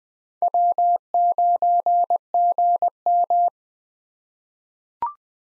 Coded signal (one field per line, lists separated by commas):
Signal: Morse code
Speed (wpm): 20 wpm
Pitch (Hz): 700 Hz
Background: none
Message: W9GM